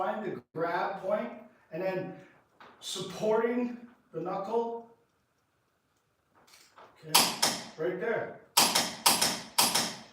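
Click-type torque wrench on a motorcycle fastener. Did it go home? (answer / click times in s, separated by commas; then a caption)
yes / 8.6 s, 9.1 s, 9.6 s. Someone talks while a fastener on a Kawasaki Ninja ZX-10RR motorcycle is tightened with a click-type torque wrench, pulled smoothly while the knuckle is supported. After sharp sounds around 7.2 and 7.4 s, the wrench breaks over with three clicks at 8.6, 9.1 and 9.6 s, confirming it reached its torque setting.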